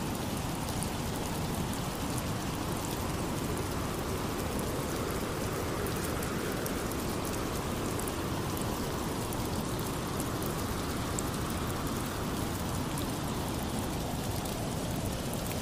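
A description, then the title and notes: Rain falls in a dense, steady wash with no letup, its hiss spread evenly from deep rumble to bright top. Wind mixes in as a low, constant roar beneath the patter, and the level stays flat throughout with no distinct single drops or events. Rain Sounds With Wind Blowing White Noise.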